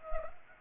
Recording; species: mosquito wingbeat signal from an infrared sensor; Culex pipiens